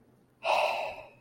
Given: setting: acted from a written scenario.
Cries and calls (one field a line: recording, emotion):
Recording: vocal sound without words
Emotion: disappointment